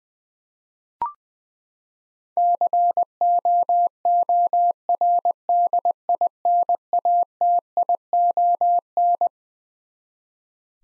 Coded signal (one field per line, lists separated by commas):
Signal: Morse code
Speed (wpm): 20 wpm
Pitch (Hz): 700 Hz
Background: none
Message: COORDINATION